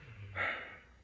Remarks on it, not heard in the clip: You hear the dog breathing. It's snoring. A snoring, sleepy dog. She's in a deep sleep now.